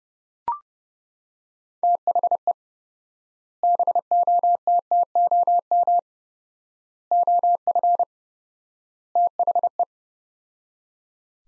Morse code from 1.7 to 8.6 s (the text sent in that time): THE BOTTOM OF